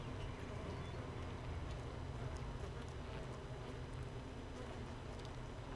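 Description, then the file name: Honey bees giving a constant deep hum throughout, with little else audible. Hive 1 with no queen, recorded 31 May 2018, apparently at 15:30. "Hive 1 31 05 2018 NO Queen Bee H 1 audio 15 30 00"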